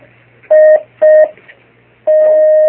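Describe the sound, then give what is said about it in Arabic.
Telephone dialing tones as another caller's call connects to a fatwa call-in with Sheikh Abdulkarim Al-Khudair: two short, loud steady beeps in quick succession, then a pause and a longer sustained tone as the call connects, over a faint low hum. “اتصال آخر.”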